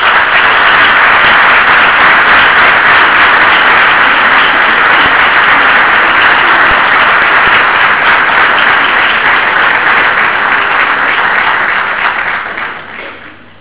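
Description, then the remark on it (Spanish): A crowd applauds to welcome Dr. Abelardo Vitor before his lecture "La Experiencia Religiosa", with steady, dense, loud clapping that holds strong for about twelve seconds, then tapers off quickly at the end. No voices are heard. “Con ustedes, el doctor Abelardo Vitor, lo recibimos con un fuerte aplauso.”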